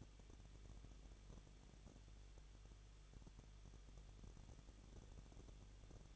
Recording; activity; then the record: daily activity, microphone in the room; no activity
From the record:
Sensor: 4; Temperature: 23.0 degrees Celsius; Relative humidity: 34.2%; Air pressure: 1007.3 hPa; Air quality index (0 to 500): 218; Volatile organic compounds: 16 ppm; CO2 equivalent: 2522 ppm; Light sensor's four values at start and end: 2/3/1/1 and 2/3/1/1